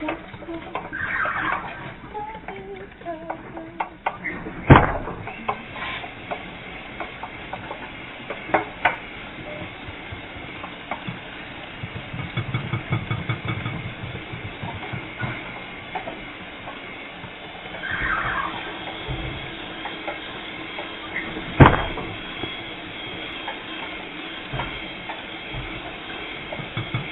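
Baking in a kitchen, muffled and low: scraping and stirring throughout, a rumbling pass near the middle, and sharp clinks around five and twenty-two seconds.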